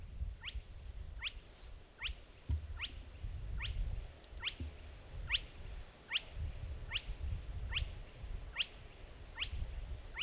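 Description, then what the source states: Spotted crake calling a short, whip-like rising note, repeated steadily, with low background rumble throughout. Recorded on 10 June 2015.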